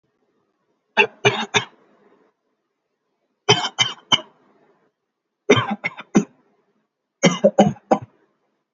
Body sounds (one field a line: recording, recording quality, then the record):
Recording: shallow voluntary cough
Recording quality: excellent, no background noise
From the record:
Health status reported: healthy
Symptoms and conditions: muscle pain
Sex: male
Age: 24 years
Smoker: not ticked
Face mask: worn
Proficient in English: yes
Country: India